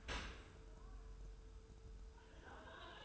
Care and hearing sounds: daily activity, microphone in the room; open dishwasher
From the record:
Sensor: 2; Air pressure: 1014.9 hPa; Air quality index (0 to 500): 25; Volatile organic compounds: 0 ppm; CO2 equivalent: 505 ppm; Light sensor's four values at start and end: 9/22/9/9 and 9/22/9/9

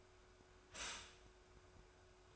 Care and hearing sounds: daily activity, microphone in the room; stop toaster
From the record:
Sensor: 2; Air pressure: 1014.6 hPa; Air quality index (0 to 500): 202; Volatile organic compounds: 23 ppm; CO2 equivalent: 2772 ppm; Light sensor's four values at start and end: 3/9/3/3 and 3/9/3/3

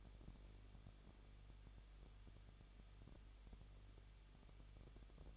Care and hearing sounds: daily activity, microphone in the room; no activity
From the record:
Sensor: 4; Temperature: 23.0 degrees Celsius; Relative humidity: 34.2%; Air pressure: 1007.3 hPa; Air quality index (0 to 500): 214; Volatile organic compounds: 14 ppm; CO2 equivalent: 2460 ppm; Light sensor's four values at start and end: 2/3/1/1 and 2/3/1/1

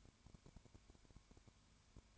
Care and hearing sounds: daily activity, microphone in the room; no activity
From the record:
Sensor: 2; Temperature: 20.0 degrees Celsius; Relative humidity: 32.1%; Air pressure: 1001.1 hPa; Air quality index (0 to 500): 55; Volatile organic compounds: 1 ppm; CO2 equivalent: 603 ppm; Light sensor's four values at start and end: 2/3/2/2 and 2/3/2/2

